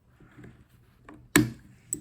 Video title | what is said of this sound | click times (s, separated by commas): Beretta APX frame swap/install | snaps into place. | 1.4 s